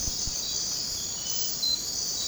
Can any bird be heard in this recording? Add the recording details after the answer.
no. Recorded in dense forest near Puerto Asís, Putumayo, Colombia, on 20 December 2024 at 02:00. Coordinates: 0.466, -76.327. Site G075